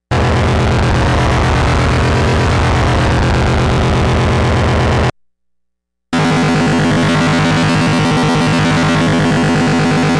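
A harsh, dense alien noise signal runs loud and unchanging for about five seconds, a thick buzzing drone with fast pulsing throughout. After a second of silence it returns just as loud, with a deeper, more grinding low hum and gritty crackle on top.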